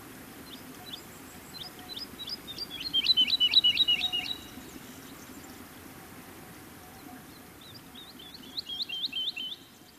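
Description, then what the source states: Woodlark song: a quiet start swelling into a loud run of repeated liquid whistled notes, then a pause and another softer phrase; a faint steady low hum runs beneath. Often sings at night in midsummer on pine heaths in Finland.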